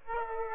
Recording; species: mosquito wingbeat signal from an infrared sensor; Aedes aegypti